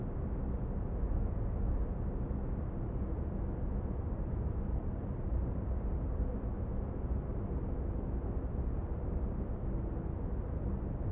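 A steady wash of pink noise fills the whole clip, heaviest and rumbling in the lows and thinning out toward a dull, muffled top with no bright hiss. Level never changes, and only faint, soft tones hover low beneath the noise.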